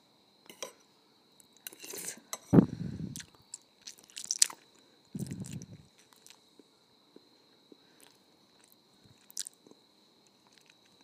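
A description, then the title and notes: Eating of ramen noodles: wet squishy chewing and bites come in bursts around two to three seconds and again near five to six seconds. Sharp crisp clicks and smacks scatter throughout, with a faint steady high whine underneath. ASMR Ramen Noodles.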